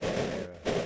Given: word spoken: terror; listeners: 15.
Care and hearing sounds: one English word in noise, from a listening test; noise modulated by three-talker babble; -7.4 dB; 1 of 15; 8 of 15; 0.46 s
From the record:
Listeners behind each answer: 8, 1, 1, 1, 1, 1, 1, 1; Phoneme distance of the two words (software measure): 20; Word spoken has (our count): 2 syllables, 4 phonemes, stress on syllable 1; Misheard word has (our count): 2 syllables, 4 phonemes, stress on syllable 1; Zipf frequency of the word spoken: 4.06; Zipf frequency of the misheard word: 4.45

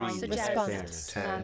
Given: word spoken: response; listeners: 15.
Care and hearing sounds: one English word in noise, from a listening test; four-talker babble; -1.3 dB; 2 of 15; 10 of 15; 1.04 s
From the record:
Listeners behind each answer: 10, 2, 2, 1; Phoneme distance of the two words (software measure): 51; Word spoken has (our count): 2 syllables, 7 phonemes, stress on syllable 2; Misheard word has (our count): 2 syllables, 6 phonemes, stress on syllable 2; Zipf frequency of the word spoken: 4.69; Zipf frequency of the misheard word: 4.63

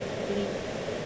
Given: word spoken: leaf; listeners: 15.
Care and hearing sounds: one English word in noise, from a listening test; speech-shaped noise; -4.6 dB; 1 of 15; 6 of 15; 0.66 s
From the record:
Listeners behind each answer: 6, 2, 1, 1, 1, 1, 1, 1, 1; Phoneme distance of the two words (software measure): 17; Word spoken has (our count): 1 syllable, 3 phonemes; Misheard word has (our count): 1 syllable, 4 phonemes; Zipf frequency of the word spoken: 4.29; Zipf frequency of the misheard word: 3.84

